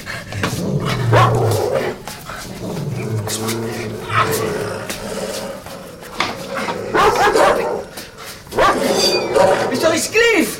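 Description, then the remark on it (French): Several dogs bark and snarl in loud, overlapping bursts while people shout over the commotion, ordering the dogs to lie down, the growling rising and falling throughout. “Couchez les chiens !”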